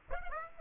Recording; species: mosquito wingbeat signal from an infrared sensor; Aedes aegypti